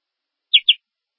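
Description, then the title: Domestic canary call: two short, bright, downward-slurred chirps in quick succession, then silence. "Kenari"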